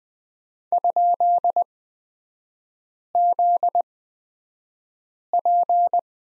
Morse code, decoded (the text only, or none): ?ZP